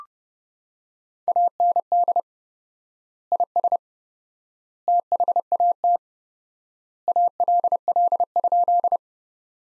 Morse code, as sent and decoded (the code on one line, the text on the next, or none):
.- -. -.. / .. ... / - .... .- - / .- .-.. .-.. ..--..
AND IS THAT ALL?